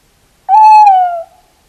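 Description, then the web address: Tawny owl giving a single clear hoot, a steady harmonic-rich note lasting under a second that droops slightly at its end, with silence around it. "earth naturelibrary assets t ta tawny owl"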